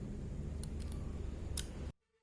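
An XLR cable plug is handled at the base of a condenser microphone, with small ticking contacts around 0.6–0.9 s and a sharper tick at 1.6 s over a steady low hum. The sound cuts off at about 1.9 s, and the plug has not yet seated or clicked in.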